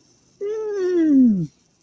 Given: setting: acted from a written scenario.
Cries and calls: vocal sound without words; disgust

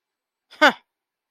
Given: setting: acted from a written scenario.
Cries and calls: vocal sound without words; contempt

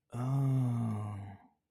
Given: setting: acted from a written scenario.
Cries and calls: vocal sound without words; realization

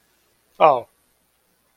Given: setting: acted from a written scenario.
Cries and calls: vocal sound without words; adoration

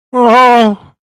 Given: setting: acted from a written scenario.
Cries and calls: vocal sound without words; distress

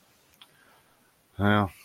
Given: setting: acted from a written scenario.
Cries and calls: vocal sound without words; disappointment

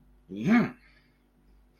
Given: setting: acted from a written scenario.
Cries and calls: vocal sound without words; elation

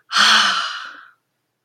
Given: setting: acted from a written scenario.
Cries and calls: vocal sound without words; triumph

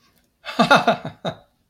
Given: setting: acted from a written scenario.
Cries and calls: vocal sound without words; amusement

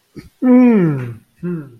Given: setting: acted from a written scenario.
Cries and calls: vocal sound without words; interest

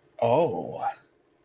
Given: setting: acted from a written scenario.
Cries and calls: vocal sound without words; desire

